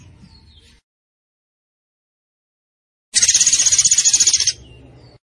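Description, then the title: Zebra finch producing a single grating, rapid-pulsed high trill of about one and a half seconds after a long quiet stretch, with soft low rumble around it. Master recording for training cage birds. "Masteran Burung Tembakan Gacor"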